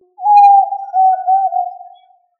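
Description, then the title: Tinamou call: a single long, pure, steady whistle held for about two seconds, wavering slightly before it fades, in otherwise silent surroundings. "Familia Tinamidae - Quail - Puyuh"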